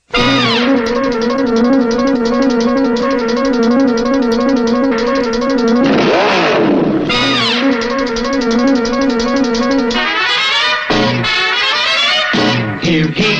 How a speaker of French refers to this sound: Et maintenant, voici le numéro 8, Speed Racer, sorti en 1967, est un animé de voiture. Et donc, voici son générique japonais.